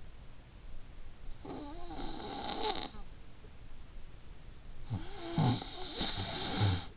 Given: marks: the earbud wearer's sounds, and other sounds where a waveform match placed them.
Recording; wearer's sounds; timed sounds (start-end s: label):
sounds in sleep by an in-ear microphone; snoring breath
1.46-3.37 s: snoring breath
4.71-6.97 s: snoring breath